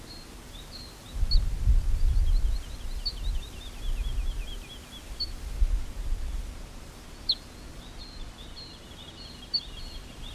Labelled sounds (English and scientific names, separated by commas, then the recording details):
Ortolan Bunting (Emberiza hortulana) aggressive call
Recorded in the wild
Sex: male
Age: adult
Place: Schloß Holte-Stukenbrock, Senne, Nordrhein-Westfalen, DE
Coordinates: 51.8711, 8.6625
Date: 1967-05-04
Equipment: Uher 4000 Report-S, Bändchenmikro Beyer M 260, Parabolspiegel Polyester (470 mm)
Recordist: Conrads, Klaus